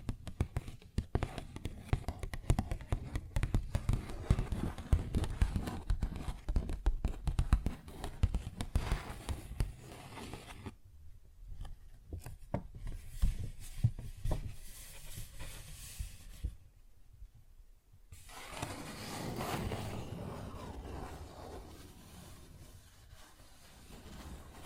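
Paper bag being tapped and scratched, with a dense run of quick, dry crinkles and taps for the first ten seconds. A near-silent stretch follows around 11–13 seconds, then scattered scratches, a brief pause near 17 seconds, and a softer, steady rustling scrape to the end.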